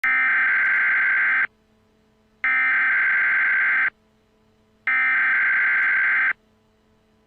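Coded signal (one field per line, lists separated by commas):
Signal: Emergency Alert System (SAME) tones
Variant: header bursts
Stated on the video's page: Fictional EAS scenario using valid tones.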